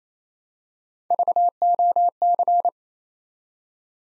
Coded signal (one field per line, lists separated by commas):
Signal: Morse code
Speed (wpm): 29 wpm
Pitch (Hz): 700 Hz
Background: none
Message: VOC